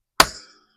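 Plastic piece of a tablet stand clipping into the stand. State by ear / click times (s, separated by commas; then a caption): seated / 0.2 s. A plastic part of a new tablet filming stand is pushed into place during assembly and snaps into the stand. One sharp, loud snap is heard at 0.2 s, then its ring fades out by about 0.5 s, and the part is seated.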